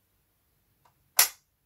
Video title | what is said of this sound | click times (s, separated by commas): 1:18 Ferrari Monza SP1 2021 (Signature Edition) | and it's just clicked in | 1.2 s